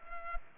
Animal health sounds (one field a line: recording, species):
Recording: mosquito wingbeat signal from an infrared sensor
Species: Culex pipiens